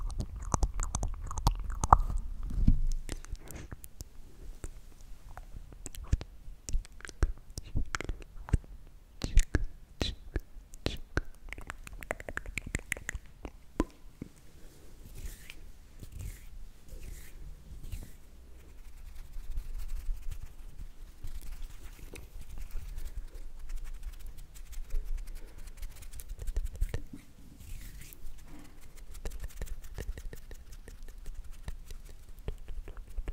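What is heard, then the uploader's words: Slow mouth sounds: wet clicks and tongue pops, sharp and crisp. They come in quick clusters through the first fourteen seconds, then thin out into softer, scattered smacks with quiet gaps. A low, dull rumble sits underneath throughout. ASMR Slow & Relaxing MOUTH SOUNDS For Sleep.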